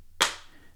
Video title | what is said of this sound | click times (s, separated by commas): My Top 5 iPhone 15 Pro Max Cases ! | As you heard that clap, snap, very strong magnet on ESR. | 0.2 s